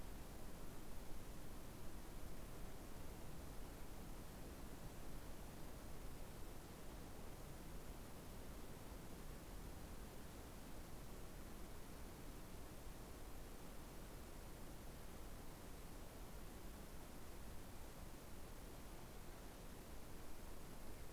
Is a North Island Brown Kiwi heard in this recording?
no